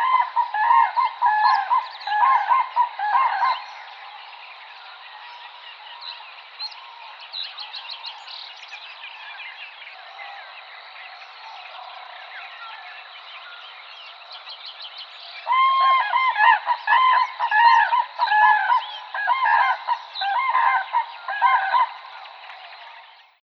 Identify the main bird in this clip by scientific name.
Grus grus